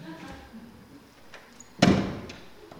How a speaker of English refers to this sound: Let me shut that door.